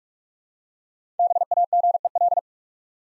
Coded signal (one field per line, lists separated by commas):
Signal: Morse code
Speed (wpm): 44 wpm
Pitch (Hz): 700 Hz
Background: none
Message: BAGEL